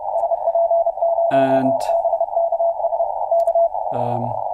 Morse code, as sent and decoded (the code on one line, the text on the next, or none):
... .--. ----- -... -.- ... / -.-
SP0BKS K